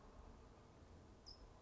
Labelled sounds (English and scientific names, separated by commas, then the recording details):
California Towhee (Melozone crissalis)
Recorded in Sonoma County, California